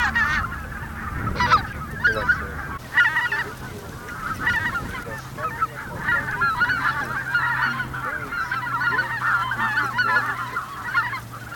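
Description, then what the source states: Greater white-fronted goose: geese calling as a flock: a continuous, dense babble of overlapping honks and yelping notes, with a low hum underneath for much of it. Flock chatter, recorded for use in an electronic hunting caller.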